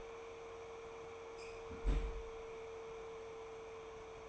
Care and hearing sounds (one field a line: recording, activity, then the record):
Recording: daily activity, microphone in the room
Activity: close fridge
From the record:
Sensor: 1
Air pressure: 1015.0 hPa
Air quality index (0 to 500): 194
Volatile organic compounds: 22 ppm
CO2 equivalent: 2744 ppm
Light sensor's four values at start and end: 31/77/33/40 and 31/77/33/39